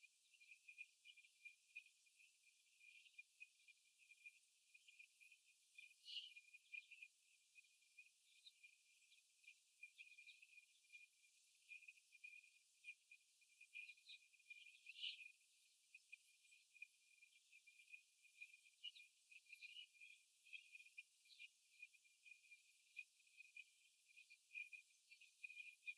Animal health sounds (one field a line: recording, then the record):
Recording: young laying hens in a cage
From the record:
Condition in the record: before the stressor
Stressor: simulated dog barking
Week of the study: 1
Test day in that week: 1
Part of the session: 4